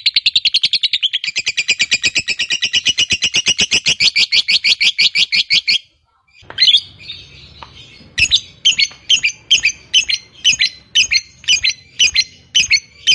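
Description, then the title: Lovebird chattering song, a fast run of shrill notes for six seconds, a short pause, then slower harsh chirps repeated about twice a second. Fighter-type lovebird giving a long ngekek. "Suara Lovebird FIGHTER NGEKEK PANJANG"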